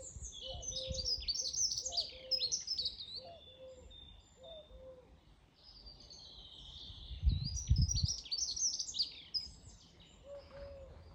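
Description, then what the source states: Birds sing in bursts of high chirps and trills, with soft repeated cooing notes early and late and a brief low rumble midway. Birds singing in the morning.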